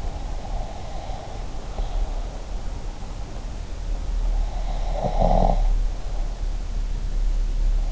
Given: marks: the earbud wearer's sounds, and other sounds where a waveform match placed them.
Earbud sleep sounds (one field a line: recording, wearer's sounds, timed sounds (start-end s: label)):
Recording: sounds in sleep by an in-ear microphone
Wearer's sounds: breath, snoring breath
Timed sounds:
0.00-2.44 s: breath
4.60-6.46 s: snoring breath